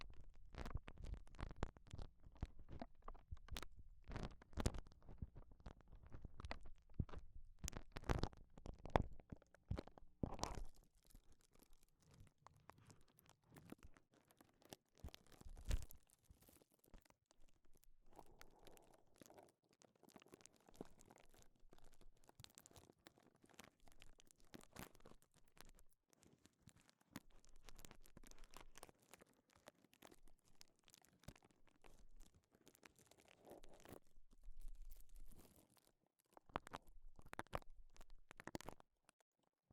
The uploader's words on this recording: 5 different GLOVES Sounds. (No Talking).